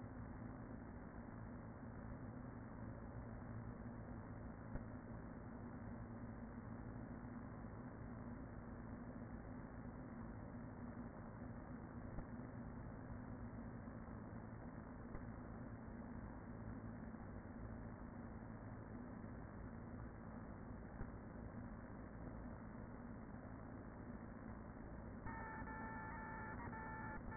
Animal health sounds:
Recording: honeybee colony, microphone inside the hive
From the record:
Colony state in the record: queen present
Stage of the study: after two queens were removed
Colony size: about 40,000 bees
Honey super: no

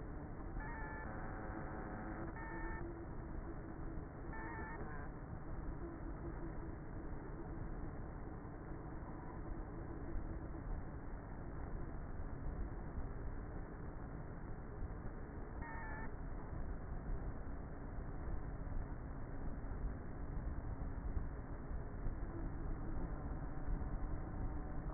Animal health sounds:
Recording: honeybee colony, microphone inside the hive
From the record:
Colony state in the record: queenless with a low population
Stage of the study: before two queens were removed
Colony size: about 30,000 bees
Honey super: no

